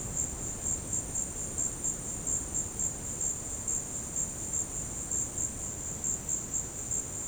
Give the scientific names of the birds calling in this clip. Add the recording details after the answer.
none. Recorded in dense forest near Puerto Asís, Putumayo, Colombia, on 20 February 2024 at 17:00. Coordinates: 0.486, -76.316. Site G6437